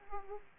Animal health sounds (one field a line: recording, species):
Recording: mosquito wingbeat signal from an infrared sensor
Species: Aedes aegypti